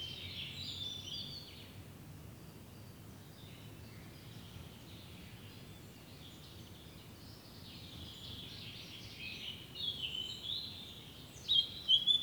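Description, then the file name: Eurasian blackcap warbling: rapid, varied chattering phrases throughout, louder near the end, against low background noise. "Sylvia atricapilla"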